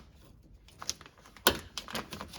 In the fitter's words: And then reconnect the connector until it clicks.